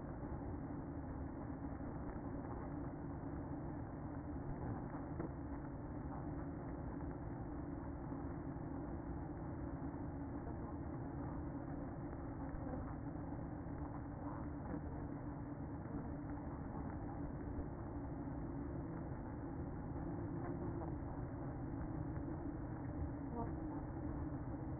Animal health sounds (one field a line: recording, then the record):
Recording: honeybee colony, microphone inside the hive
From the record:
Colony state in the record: queen present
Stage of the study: after two queens were removed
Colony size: about 60,000 bees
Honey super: yes